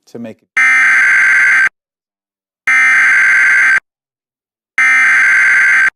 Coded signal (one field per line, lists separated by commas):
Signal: Emergency Alert System (SAME) tones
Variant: header bursts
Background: speech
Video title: [EAS #8] Flash Flood Warning (NJTV)